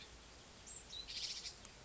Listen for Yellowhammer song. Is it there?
no